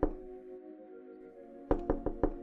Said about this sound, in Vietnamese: Tiếng gõ cửa ở phía trước bất ngờ vang lên, làm cho Yến giật mình, quay đầu lại.